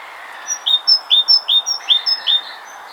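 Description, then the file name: Great tit giving a regular series of paired notes, a lower note then a higher one, about five repetitions at an even quick pace. "Parus major"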